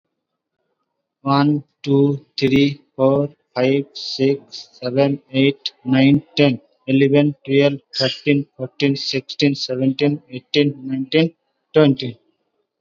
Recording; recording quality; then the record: counting at a normal pace; excellent, no background noise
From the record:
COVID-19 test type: RT-PCR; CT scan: not taken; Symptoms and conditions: sore throat, fever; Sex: male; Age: 22 years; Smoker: no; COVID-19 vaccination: one dose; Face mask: worn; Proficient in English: yes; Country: India